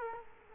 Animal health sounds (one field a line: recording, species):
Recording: mosquito wingbeat signal from an infrared sensor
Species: Culex quinquefasciatus